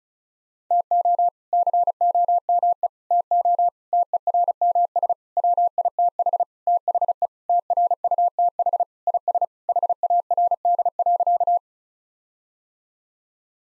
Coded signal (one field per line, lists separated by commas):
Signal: Morse code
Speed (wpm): 36 wpm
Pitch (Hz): 700 Hz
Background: none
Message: TO COME TO TERMS WITH THE TRUTH IS HARD.